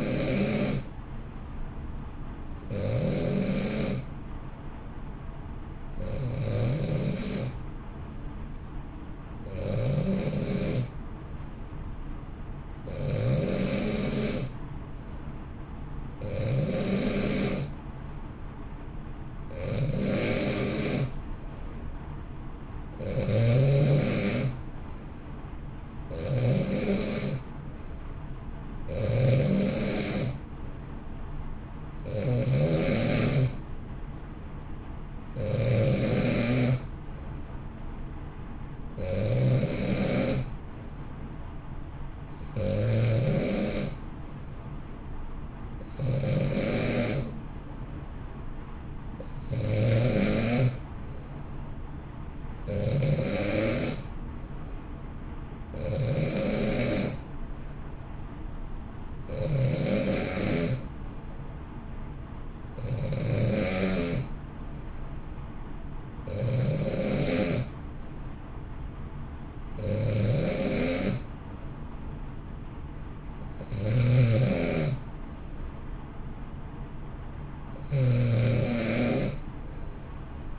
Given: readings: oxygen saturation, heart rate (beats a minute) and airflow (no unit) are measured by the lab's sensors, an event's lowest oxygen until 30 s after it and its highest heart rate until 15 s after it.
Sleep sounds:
breathing in sleep by a smartphone at the bedside; 1
4.00-21.40 s: hypopnea (N2, oxygen 91% highest, then 88% lowest, heart rate 61 at the start, 66 highest)
From the record:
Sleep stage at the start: N2 (light sleep); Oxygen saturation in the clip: 88 to 91%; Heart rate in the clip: 59 to 66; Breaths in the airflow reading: 24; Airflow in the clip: -0.9 to 1.2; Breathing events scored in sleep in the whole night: 328 in 6.3 hours asleep

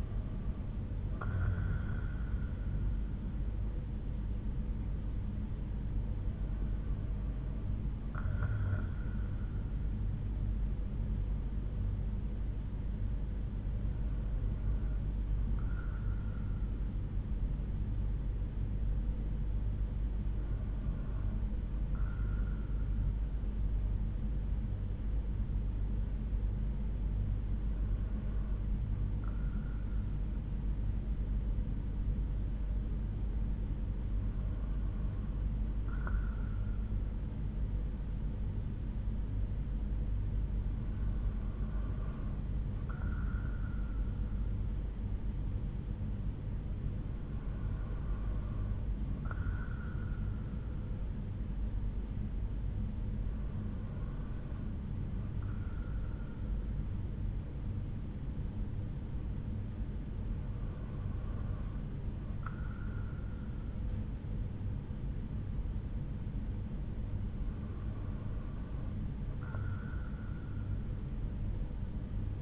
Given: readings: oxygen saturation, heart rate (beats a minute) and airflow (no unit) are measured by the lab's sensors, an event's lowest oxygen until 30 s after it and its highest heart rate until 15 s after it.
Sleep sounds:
breathing in sleep by a smartphone at the bedside; 1
14.00-72.42 s: new sleep stage, N2 (light sleep)
18.00-41.00 s: hypopnea (N2, oxygen 96% highest, then 93% lowest)
From the record:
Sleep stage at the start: N1 (lightest sleep); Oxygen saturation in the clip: 92 to 96%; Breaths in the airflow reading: 11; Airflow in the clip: -4.6 to 6.0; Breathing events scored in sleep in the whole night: 368 in 8.0 hours asleep

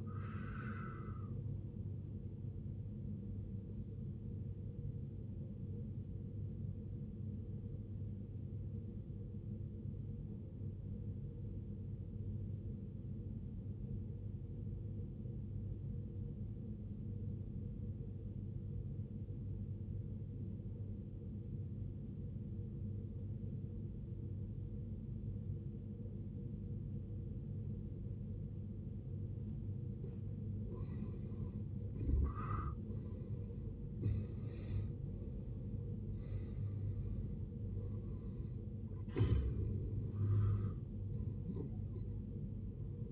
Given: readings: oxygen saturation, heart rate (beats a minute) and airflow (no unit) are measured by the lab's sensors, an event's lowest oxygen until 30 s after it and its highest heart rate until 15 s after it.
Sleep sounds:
breathing in sleep by a smartphone at the bedside; 1
9.00-28.70 s: obstructive apnea (N2, oxygen 95% highest, then 75% lowest, heart rate 52 at the start, 78 highest)
21.00-43.12 s: new sleep stage, N1 (lightest sleep)
From the record:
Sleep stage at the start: N2 (light sleep); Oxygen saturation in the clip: 79 to 95%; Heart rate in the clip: 52 to 78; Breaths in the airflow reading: 5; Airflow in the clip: -16.3 to 16.5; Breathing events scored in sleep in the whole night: 389 in 6.3 hours asleep

